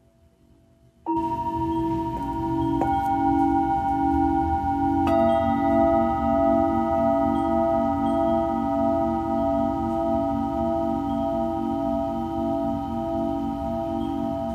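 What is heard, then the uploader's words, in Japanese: A Tibetan singing bowl is struck after a second of near-silence, then again around two, three and five seconds, leaving a long, warm, pulsing ring. 夜のシンギングボウルのサウンドヒーリング。チベタンシンギングボウル。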